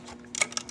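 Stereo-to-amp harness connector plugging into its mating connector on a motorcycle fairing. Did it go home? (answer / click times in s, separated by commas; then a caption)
yes / 0.6 s. A plastic wiring harness connector that links the factory stereo to a Witchdoctors amplifier is pushed into its mating connector on the fairing of a Victory Cross Country / CCT motorcycle. Faint handling rustles build to a brighter burst of plastic scraping around 0.4 s, followed by a sharp snap at 0.6 s and a smaller tick just after. The connector is seated.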